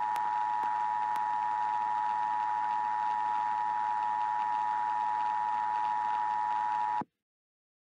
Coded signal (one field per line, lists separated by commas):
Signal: Emergency Alert System (SAME) tones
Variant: 853 and 960 Hz attention tone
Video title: EAS Scenario - Hot Jupiter: REMASTERED